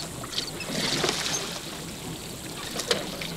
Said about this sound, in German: Jemand rudert über den Fluss.